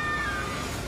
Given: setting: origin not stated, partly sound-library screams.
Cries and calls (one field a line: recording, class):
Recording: one-second piece from a danger detection set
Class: woman in danger